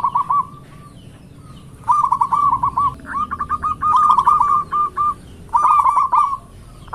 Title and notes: Pancingan Perkutut Durasi Panjang. Suara Burung Perkutut Gacor